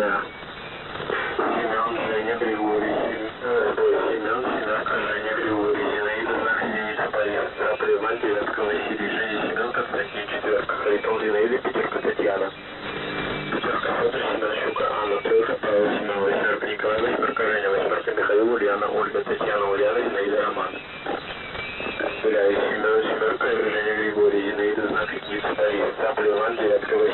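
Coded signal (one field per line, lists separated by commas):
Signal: coded military voice message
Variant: The Pip, Russian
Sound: a man's voice reading over a narrow radio channel, almost without pauses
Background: radio static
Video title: The Pip | 16th August 2023 | "Dlya" Voice Message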